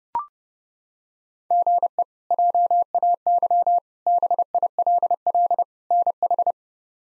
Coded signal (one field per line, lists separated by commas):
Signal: Morse code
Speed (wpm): 32 wpm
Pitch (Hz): 700 Hz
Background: none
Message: GE JAY BILL NH